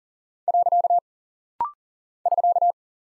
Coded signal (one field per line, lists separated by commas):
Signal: Morse code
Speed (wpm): 39 wpm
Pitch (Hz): 700 Hz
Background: none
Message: . <SK>